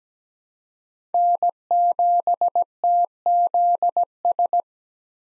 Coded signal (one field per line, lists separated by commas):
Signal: Morse code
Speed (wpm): 17 wpm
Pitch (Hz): 700 Hz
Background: none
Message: N7TZS